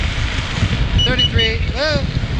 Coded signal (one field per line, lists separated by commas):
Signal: none